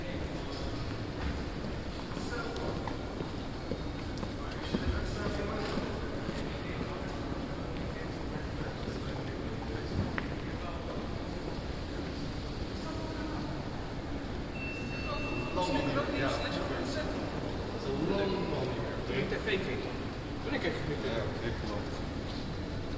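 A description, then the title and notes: Quiet afternoon ambience in the Atrium of The Hague City Hall: a steady low murmur of voices and movement runs throughout, with scattered footsteps and small knocks. Around fifteen seconds the sound thickens briefly with louder chatter and clatter before settling again. Atrium City Hall/Atrium Stadhuis Den Haag. Recording made in the Atrium of the The Hague City Hall on a pretty quiet summer afternoon.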